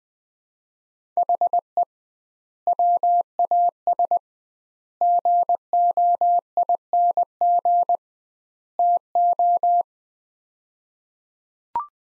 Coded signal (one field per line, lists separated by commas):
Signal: Morse code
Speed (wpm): 20 wpm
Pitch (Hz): 700 Hz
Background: none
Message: HE WAS GOING TO